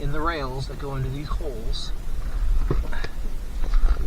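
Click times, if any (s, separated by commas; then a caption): none. A mechanic lines up the pegs of an interior piece with the holes in the rails of a 2008 Porsche 997 before pressing it in. Someone talks while light handling noises and a few soft knocks are heard, and nothing has seated or clicked yet.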